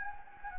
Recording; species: mosquito wingbeat signal from an infrared sensor; Anopheles gambiae